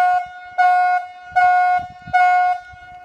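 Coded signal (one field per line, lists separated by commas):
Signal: whistle signal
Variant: cable logging yarder whistle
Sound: three steady, reedy whistle blasts of about half a second each, evenly spaced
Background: faint outdoor rumble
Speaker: yarder engineer blows it to the rigging crew or depending on where the rigging crews out they'll blow it to the yarder engineer and the landing crew and that is four lungs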